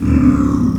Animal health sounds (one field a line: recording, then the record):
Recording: squeal of a Yucatan mini pig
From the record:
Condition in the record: after surgery on the right vocal fold (resection and tissue-engineered implant)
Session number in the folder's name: 11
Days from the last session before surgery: 98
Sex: female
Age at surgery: 19 weeks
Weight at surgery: 25 kg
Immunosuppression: prednisolone